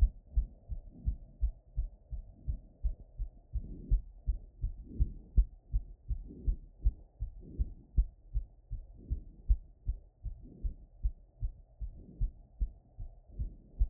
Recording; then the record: heart sounds by stethoscope after running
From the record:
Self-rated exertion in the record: vigorous exertion (4 of 6); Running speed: 9 mph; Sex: female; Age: 28 years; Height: 155 cm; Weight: 44 kg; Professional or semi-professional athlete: no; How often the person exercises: 3 to 5 times a week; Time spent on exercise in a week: over 5 hours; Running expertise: yes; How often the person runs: 3 to 5 times a week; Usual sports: running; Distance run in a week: 45 km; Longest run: 32 km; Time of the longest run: 200 minutes